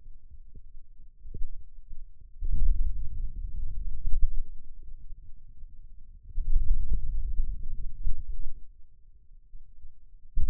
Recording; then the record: forearm muscle sounds (acoustic myography)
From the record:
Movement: wrist extension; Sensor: system 2, bracelet of six BSWA MPA416 microphones around the upper forearm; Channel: 2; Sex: male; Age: 22 years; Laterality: right